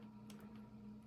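A metal snap fastener is pressed into a faux leather keychain strap tab, and it seats with a single short click at 0.3 s. A faint second tick follows near 0.4 s over a steady low hum. No one talks.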